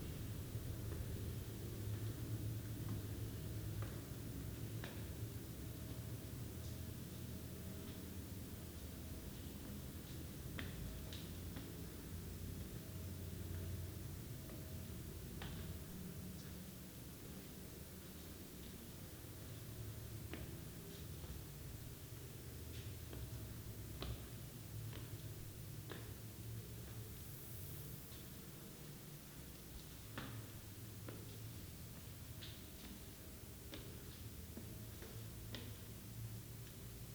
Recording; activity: daily activity, guitar pickup as the sensor; go upstairs